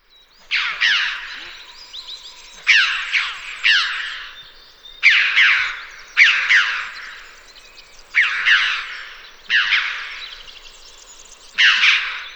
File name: Pyrrhocorax pyrrhocorax